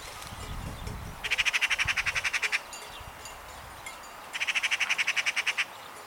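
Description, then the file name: Eurasian magpie chattering in two harsh rattling bursts, each a fast run of a dozen or more grating notes, separated by a pause of nearly two seconds. "Pica pica"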